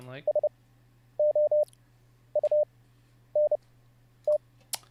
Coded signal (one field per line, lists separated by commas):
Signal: Morse code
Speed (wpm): 30 wpm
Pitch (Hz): 600 Hz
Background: speech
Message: S O U N T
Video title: How To Learn Morse Code LIVE with N0SSC (Day 7)